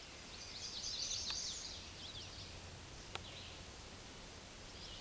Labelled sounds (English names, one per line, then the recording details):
Hooded Warbler song
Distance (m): 40 m
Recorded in a Pennsylvania forest on 18 May 2023 at 09:16
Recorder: AudioMoth, point grid1_21_low
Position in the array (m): 229 m, 148 m